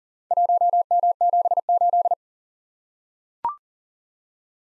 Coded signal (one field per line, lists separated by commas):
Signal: Morse code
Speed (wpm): 38 wpm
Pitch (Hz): 700 Hz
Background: none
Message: 1M78